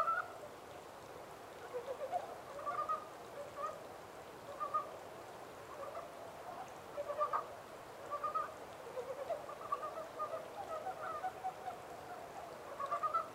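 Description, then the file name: Montane brown frog calling: soft, frequent bursts of quick croaking notes against steady background hiss. 14 April 2010. "yamaakagaeru-20100414"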